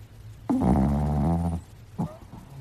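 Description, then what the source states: Dog snoring: one long, rasping, harmonic snore lasting about a second, followed by a shorter, fainter snort. Small dog, snoring.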